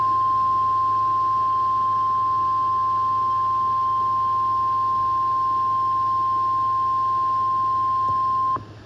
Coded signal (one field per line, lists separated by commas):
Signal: Emergency Alert System (SAME) tones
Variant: 1050 Hz attention tone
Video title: EAS Alerts from September 21-22, 2024 [EAS #1,859-1,873]